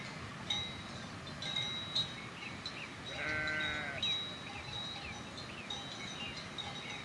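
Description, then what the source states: Sheep: a clear wavering bleat in the middle, rich in harmonics, while bells clink and ring around it. Sheep herd wearing bells, summer mountain ambience at altitude, with wind.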